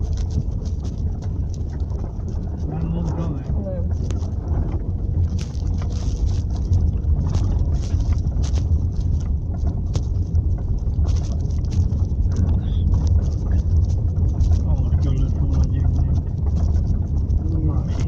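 A tractor engine drones on steadily, a loud, continuous low rumble with a rattly, grinding texture that holds level for the whole stretch without pausing or changing pitch much.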